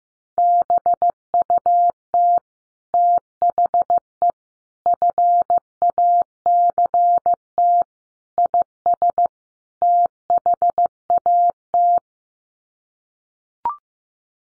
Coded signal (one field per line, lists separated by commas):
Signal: Morse code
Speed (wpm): 15 wpm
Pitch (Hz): 700 Hz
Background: none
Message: BUT THE FACT IS THAT